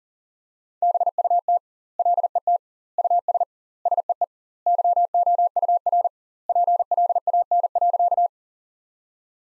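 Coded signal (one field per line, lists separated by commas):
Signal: Morse code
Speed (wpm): 40 wpm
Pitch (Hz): 700 Hz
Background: none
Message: BUT LET US SEE YOUR PLAN.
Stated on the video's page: Sentence copy practice at 40 wpm with 2x standard word spacing, a word-level analogue of Farnsworth spacing.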